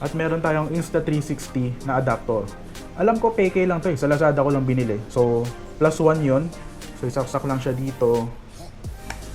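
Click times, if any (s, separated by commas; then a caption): 9.1 s. Someone talks over background music while a plastic Insta360 USB-C mic adapter is plugged onto the USB-C port of a 360 action camera body. A soft sound at 8.8 s leads into a sharp click at 9.1 s as the adapter seats and locks in place.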